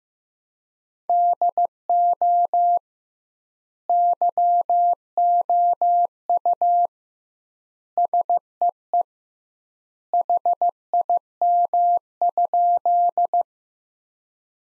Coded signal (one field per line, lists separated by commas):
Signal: Morse code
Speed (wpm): 16 wpm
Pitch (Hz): 700 Hz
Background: none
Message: DO YOU SEE HIM?